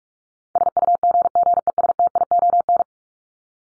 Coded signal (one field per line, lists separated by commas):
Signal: Morse code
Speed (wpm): 44 wpm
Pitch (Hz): 700 Hz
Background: none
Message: SUGGESTION